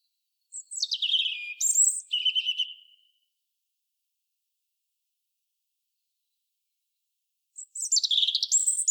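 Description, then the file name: European robin song phrase of descending thin whistles ending in a sustained note, a long pause, then another shrill, fast jumble begins. "Erithacus rubecula"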